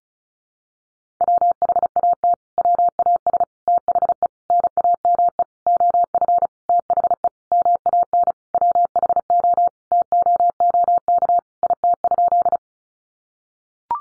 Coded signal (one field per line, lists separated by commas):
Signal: Morse code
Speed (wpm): 34 wpm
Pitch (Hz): 700 Hz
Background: none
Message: WHAT WAS THE NAME OF THE MAN WHO TOOK IT?